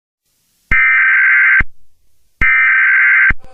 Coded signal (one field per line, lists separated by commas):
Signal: Emergency Alert System (SAME) tones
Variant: header bursts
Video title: EAS Scenario #9: Light's Rampage pt III: The Best Part?